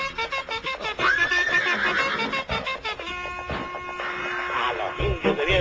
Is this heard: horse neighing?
yes